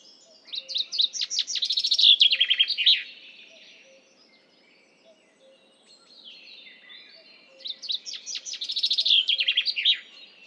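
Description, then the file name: Common chaffinch singing two full songs several seconds apart, each a cascading rattling trill finishing with a sharp terminal flourish. "Fringilla coelebs"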